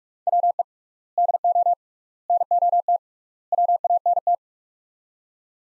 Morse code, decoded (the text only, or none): WE DO NOT WANT